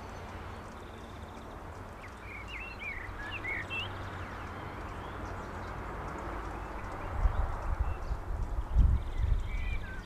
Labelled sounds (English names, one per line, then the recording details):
Common Blackbird song
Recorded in the wild
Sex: male
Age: adult
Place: Garmisch-Partenkirchen, Bayern, DE
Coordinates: 47.4883, 11.0697
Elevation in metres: 711
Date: 1967-04-02
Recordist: Tretzel, Erwin